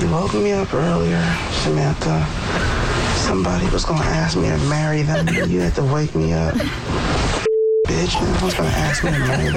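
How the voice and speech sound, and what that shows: An adult woman talks in her sleep in full, slightly slurred, creaky sentences, scolding her cat for waking her: sleep talking (somniloquy), picked up by a sleep-recording app on her phone.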